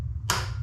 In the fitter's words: okay did you hear that click that click meant that it was down to this torque spec that it needed to be